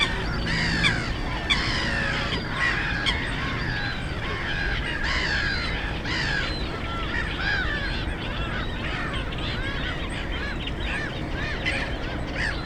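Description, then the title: Black-headed gulls giving chattering, screeching calls in a busy colony, louder bursts early on, with low road rumble beneath. Many black-headed gulls, the loudest birds at Frog Ponds nature complex on former coal-mining ponds, Bytom, Poland; nearby DK79 road and railway noise. "Żabie Doły, Bytom, Polska - Black-headed gulls at Frog Ponds complex"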